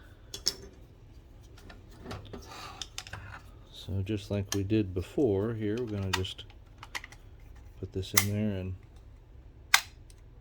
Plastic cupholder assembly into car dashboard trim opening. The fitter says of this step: give it a push until it snaps